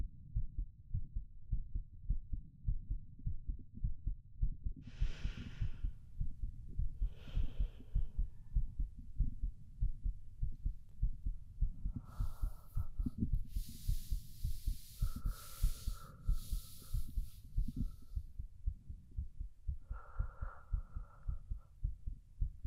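Steady, continuous low thumping of an adult heartbeat heard close up against the chest, with brief soft rustling noises over it.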